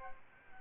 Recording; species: mosquito wingbeat signal from an infrared sensor; Aedes albopictus